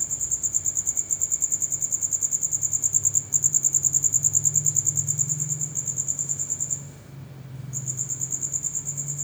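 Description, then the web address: Insect calling in a high, rapid pulsed trill, several pulses a second, steady but broken by a brief pause near seven seconds, over a low hum. "Insect Set 459"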